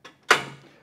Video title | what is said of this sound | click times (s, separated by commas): Exercise Tutorial: Technogym Leg Extension Machine | once it clicks into place I now know I'm in the right position I know it's not going to go anywhere | 0.3 s